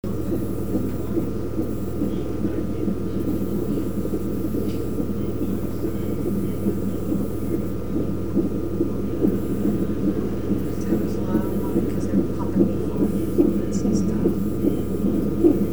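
Fetal heartbeat heard through a Doppler monitor, recorded in Hopewell, Virginia.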